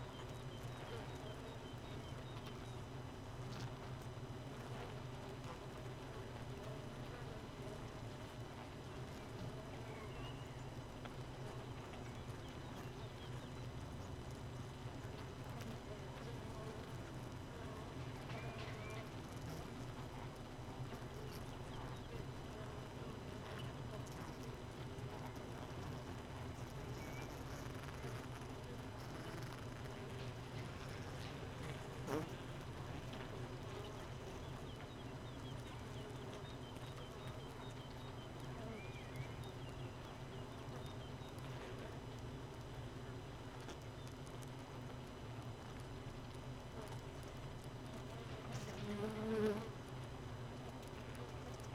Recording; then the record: honeybee colony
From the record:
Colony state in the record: missing queen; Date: 31 May 2018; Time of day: 4:29